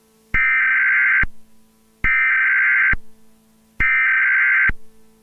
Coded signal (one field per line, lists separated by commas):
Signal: Emergency Alert System (SAME) tones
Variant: header bursts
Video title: Rampant AI: SCP 079 EAS Scenario